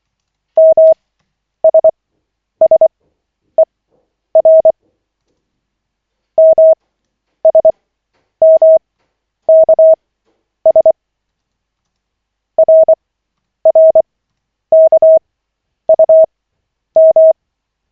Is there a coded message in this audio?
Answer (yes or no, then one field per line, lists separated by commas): yes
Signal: Morse code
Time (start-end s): 0.6-17.3 s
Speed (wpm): 24 wpm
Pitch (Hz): 640 Hz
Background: none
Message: MSSER MSMKS RRKUM